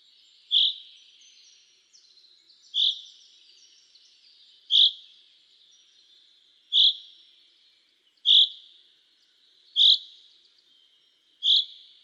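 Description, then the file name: Common chaffinch calls: a single short, high note repeated about every one and a half to two seconds, seven in all, over a faint steady high hiss. "Fringilla coelebs"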